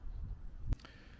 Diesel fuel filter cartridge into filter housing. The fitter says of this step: the new Bosch filter is different to the old one but it still Clicks in in the same way that the other one did